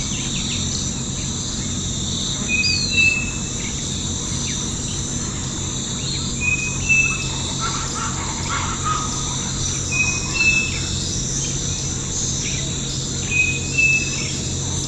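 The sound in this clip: Bird calls: a brief thin whistle repeated about every three to four seconds, set against a continuous shrill insect drone and a low background hum.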